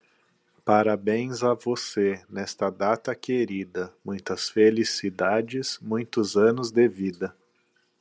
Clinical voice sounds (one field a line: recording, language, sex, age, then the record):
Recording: short text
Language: Brazilian Portuguese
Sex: male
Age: 30 to 39 years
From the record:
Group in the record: control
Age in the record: 36 years